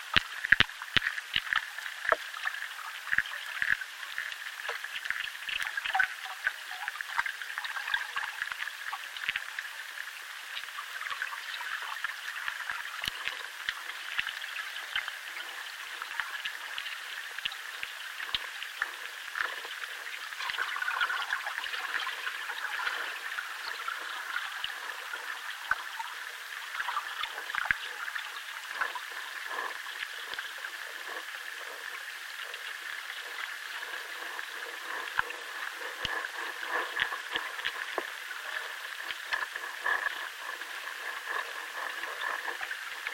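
Underwater life in a chalk river crackles and ticks in a dense, steady stream of tiny clicks and pops across the whole 43 seconds. The sound sits in the mid-to-high range with almost nothing low, and occasional sharper snaps stand out, especially near the start.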